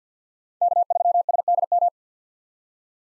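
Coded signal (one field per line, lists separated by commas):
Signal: Morse code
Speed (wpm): 50 wpm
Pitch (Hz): 700 Hz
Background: none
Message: K3SDM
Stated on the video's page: Morse call sign head-copy drill at 50 wpm: common POTA hunter call signs, each sent, then sent again.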